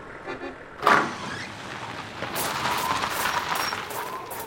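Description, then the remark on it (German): Jurek's car approaches with a steady rumble of engine and road noise that grows louder and rougher, after a sharp clunk early on, as it tows a second car behind it. “Da kommt ein Auto. Das ist Jureks Wagen. Er zieht ein anderes Auto hinter sich her.”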